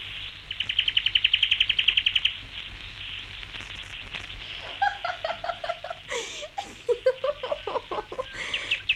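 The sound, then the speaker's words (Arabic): A small sparrow in a garden chirps in a fast, high-pitched trill of rapid repeated notes, followed by a series of varied, sweeter tweets and warbling calls. “عصفور يا صغير يا طير ورمل، أنا صغيرة زيك”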